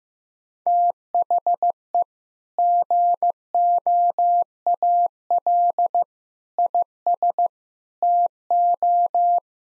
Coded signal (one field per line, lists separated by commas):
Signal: Morse code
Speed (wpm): 15 wpm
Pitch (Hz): 700 Hz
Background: none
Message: THE GOAL IS TO